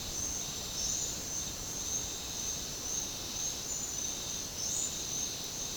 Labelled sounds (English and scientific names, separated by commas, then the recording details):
none
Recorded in pastures near Puerto Asís, Putumayo, Colombia, on 30 June 2025 at 10:00
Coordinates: 0.496, -76.326
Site GP01